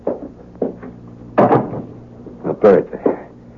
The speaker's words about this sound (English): Let me close the door, huh?